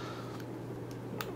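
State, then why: Not seated. The leather flip cover of a Krusell Orbit Flex case with multiadapt, on an iPhone 3G/3GS, is swung over toward its magnetic closure, which should pop it into place when close. Only a steady low hum and a few faint soft ticks are heard, with one brief sharp tick near 1.2 s. Nothing has snapped shut or clicked yet, and the cover misses its magnetic catch this time.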